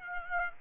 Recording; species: mosquito wingbeat signal from an infrared sensor; Aedes aegypti